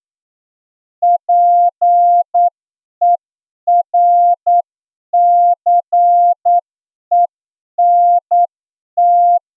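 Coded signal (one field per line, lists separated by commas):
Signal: Morse code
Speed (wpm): 9 wpm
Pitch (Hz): 700 Hz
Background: none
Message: PERCENT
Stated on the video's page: Morse receiving test practice at 8 words per minute, plain language passage of 200 characters including letters, figures and punctuation.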